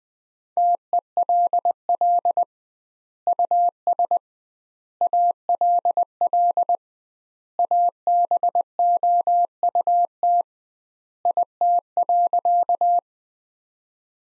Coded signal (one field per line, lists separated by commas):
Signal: Morse code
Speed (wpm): 20 wpm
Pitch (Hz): 700 Hz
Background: none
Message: TELL US ALL ABOUT IT.